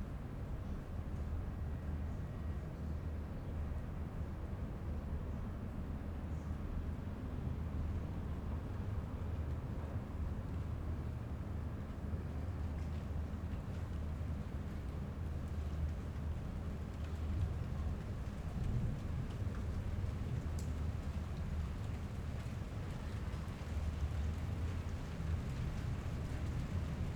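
Leaves rustle in maple and birch trees, a steady, dense hiss that barely rises or falls across the whole stretch. Beneath it runs a constant low rumble, with a few faint clicks or snaps scattered here and there.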